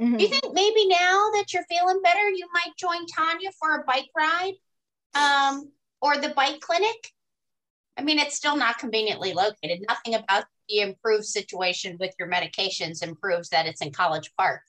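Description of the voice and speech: One adult voice speaks fluently in a relaxed, conversational manner, with a few natural pauses and a brief filler. The voice is clear and moderately high-pitched, with crisp consonants and no hoarseness, slurring or stuttering. This is ordinary speech.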